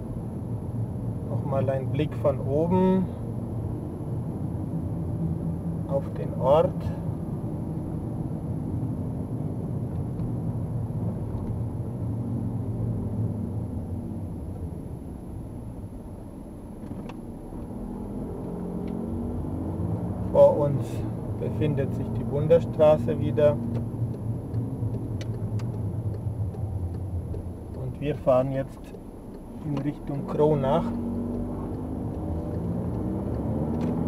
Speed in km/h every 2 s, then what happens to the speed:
27, 31, 34, 30, 29, 27, 18, 9, 12, 23, 28, 25, 19, 11, 6, 16, 32.
0-5 speeds up to 34. 5-14 slows to 9. 15-21 speeds up to 28. 21-27 brakes to 6. 28-34 speeds up to 32.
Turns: 9-15.